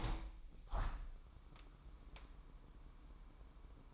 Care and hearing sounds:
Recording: daily activity, microphone in the room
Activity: open window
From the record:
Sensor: 1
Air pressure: 998.6 hPa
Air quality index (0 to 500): 135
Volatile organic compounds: 4 ppm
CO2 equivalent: 1625 ppm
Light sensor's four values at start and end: 10/24/10/12 and 10/25/10/12

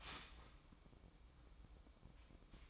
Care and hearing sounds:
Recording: daily activity, microphone in the room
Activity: start toaster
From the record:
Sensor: 1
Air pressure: 1007.3 hPa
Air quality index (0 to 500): 78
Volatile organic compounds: 1 ppm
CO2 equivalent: 673 ppm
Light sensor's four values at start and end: 7/17/7/8 and 7/17/7/8

